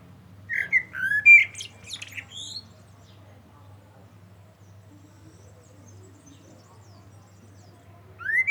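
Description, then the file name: Common blackbird singing one mellow, whistled phrase that ends in thin, scratchy high notes, then a long pause and the start of another phrase; faint low hum behind. "Turdus merula"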